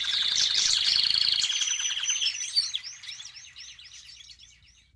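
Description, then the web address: Canary song: a loud, rapid high trill of chirps for about one and a half seconds, then a fading series of repeated whistled notes. "Madacy Music Group Inc 292 Sound Effects. Birds, Canary"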